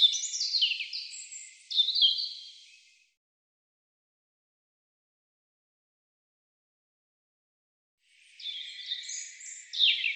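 European robin giving two bursts of high, tinkling song, each a jumble of thin whistles and rapid trills, with several seconds of silence between them.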